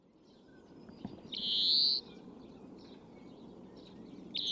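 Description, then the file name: European greenfinch giving one long, nasal, slightly rising wheeze midway, with a low background hum and a brief faint note at the very end. "Chloris chloris"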